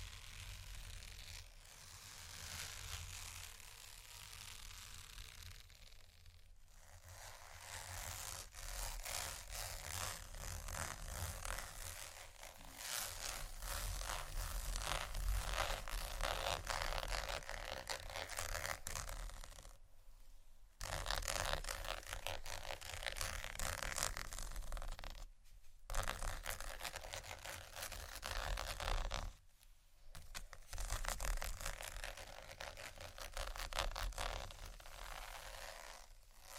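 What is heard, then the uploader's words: Textured sheets are scratched and tapped in a dense, rough rasping that runs almost without a break, thick with fine bright grit and quick irregular strokes. Brief silences cut in near 6, 20, 25 and 29 seconds. A steady low hum sits underneath throughout. ASMR Textured Sheets Tap & Scratch （No Talking）.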